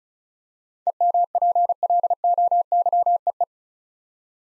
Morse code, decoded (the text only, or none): EMPLOYEE